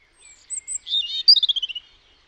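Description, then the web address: European robin song: high thin whistles and a warbling run, ending in a fast descending trill of rapid repeated notes. "Deverinetal 2025 File origin Bird Only Er Ru"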